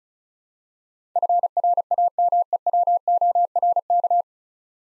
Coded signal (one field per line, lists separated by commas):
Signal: Morse code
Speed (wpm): 36 wpm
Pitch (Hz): 700 Hz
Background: none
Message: FRAMEWORK